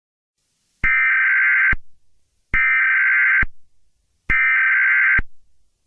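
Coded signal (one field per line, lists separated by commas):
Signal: Emergency Alert System (SAME) tones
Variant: header bursts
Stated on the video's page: Fictional EAS scenario.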